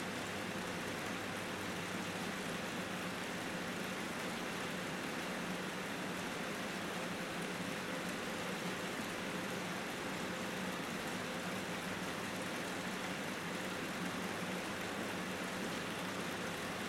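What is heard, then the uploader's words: A gentle rain shower hisses steadily and densely the whole way through, a fine even patter with no pauses. Underneath runs a faint low hum with a soft tone near the middle. It never builds or fades, and no thunder comes through. This soothing soundscape captures the essence of a tranquil rainy day in the countryside.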